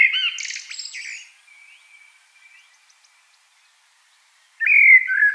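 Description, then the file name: Common blackbird singing a rich fluty phrase with squeaky high twitters, then a faint thin trailing note and a pause before another warbled phrase begins. "Turdus merula"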